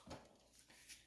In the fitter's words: Put your spark plug boot back on. Make sure you hear the click.